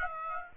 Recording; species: mosquito wingbeat signal from an infrared sensor; Aedes aegypti